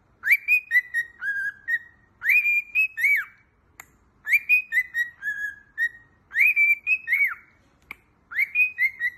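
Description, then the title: Cockatiel repeating a whistled tune: a rising note, a held high tone, then descending notes, the phrase recurring about every two seconds with a faint click between some phrases. "Calopsitas Cantando Assobio"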